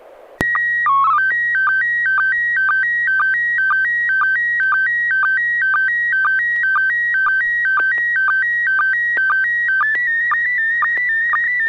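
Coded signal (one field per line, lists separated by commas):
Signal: SSTV (slow-scan television)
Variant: PD 120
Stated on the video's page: SSTV net on a 441.300 MHz FM repeater.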